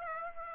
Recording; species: mosquito wingbeat signal from an infrared sensor; Aedes aegypti